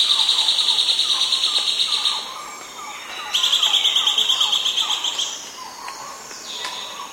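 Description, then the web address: Chestnut-belted gnateater calling twice with rapid, high, buzzy pulsed trills, each lasting about two seconds. South America. "Natures Songs S America Chestnut-Belted Gnateater"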